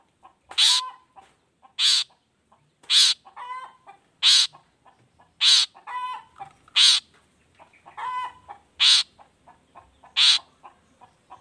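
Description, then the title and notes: Long-tailed shrike giving repeated loud, harsh rasping bursts, alternating with softer nasal, buzzy notes between them. Cendet heard singing in the morning in a varied 'toet toet' style; the recording is meant to stimulate reluctant shrikes to join in and sing. "Cendet Gacor Dor Di Kala Pagi Toet Toet Variasi Suara. Cendet Gacor Di Pagi Hari Rangsangan Emosi Cendet Malas Bunyi Supaya Secepatnya Ikutan Bunyi. Burung cendet"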